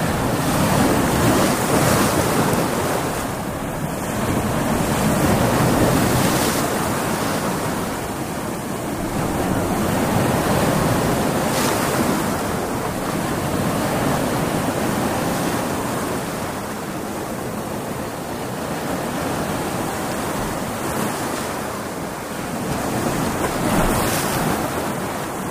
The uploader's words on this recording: Big ocean waves splashing breaking on beach. Stormy sea sound effect. Natural ambience.